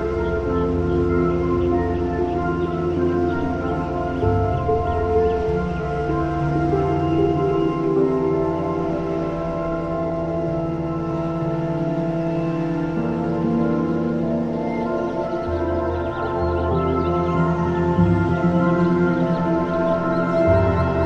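Ambient music fills the clip with long, held tones layered into a thick, steady drone, low notes underneath and softer bright ones above. The chords shift slowly, changing around five, twelve and seventeen seconds, while the overall loudness stays even throughout.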